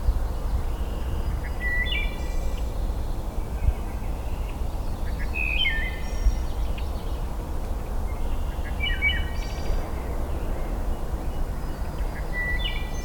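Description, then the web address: Wood thrush song, a series of flute-like ringing phrases with trilled endings, several phrases spaced a few seconds apart, with constant low background rumble. Recorded in Michigan on 23 May 2008. "Michigan Bird Songs Hylocichla mustelina"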